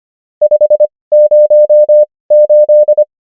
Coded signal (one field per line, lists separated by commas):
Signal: Morse code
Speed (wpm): 25 wpm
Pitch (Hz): 600 Hz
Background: none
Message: 508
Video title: morse code practice | 25wpm | 19fw | numbers | ENGLISH